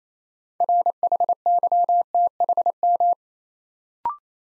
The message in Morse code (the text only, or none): RHYTHM